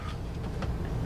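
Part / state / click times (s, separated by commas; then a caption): suction cup stud into a hole in a windshield sun screen panel / seated / 0.6 s. A second suction cup stud is pushed into a hole in a reflective windshield sun screen panel. Over a steady low rumble, a short snap is heard at 0.6 s as it seats in the hole.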